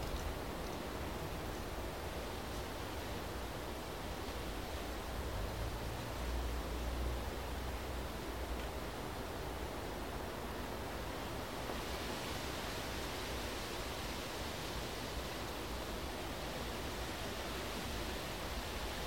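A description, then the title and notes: Wind sweeps steadily over rocks, a dense, unbroken rush that sounds fairly full, with a deep rumble underneath. Around six to eight seconds a low gust swells, and from about twelve seconds the hiss brightens slightly as the wind picks up. Wind down and watch the sunset at Mount Ngungun on Gubbi Gubbi Country, Queensland, Australia. Listen to the wind glide over the rocks of Mount Ngungun during golden hour.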